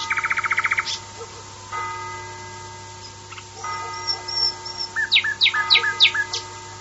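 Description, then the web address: Common nightingale opening with a fast trill, followed later by clipped, sharply slurred notes, over steady droning tones with layered overtones. "varie usignolo"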